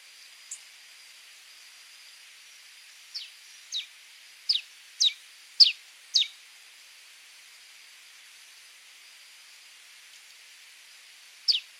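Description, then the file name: Helmeted manakin song: one faint note, then a series of six descending notes, a long pause, and a final loud note, over a steady hiss. "Canto do soldado de crista vermelha"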